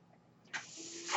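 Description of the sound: After half a second of near-quiet, a sudden airy hiss starts and holds steady with a faint low hum, then swells louder at the end. This is the rush of air from a person's own home mechanical ventilator delivering a breath.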